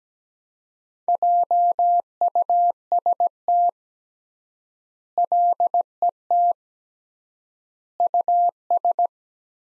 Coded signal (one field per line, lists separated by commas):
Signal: Morse code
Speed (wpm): 17 wpm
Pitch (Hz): 700 Hz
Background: none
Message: JUST LET US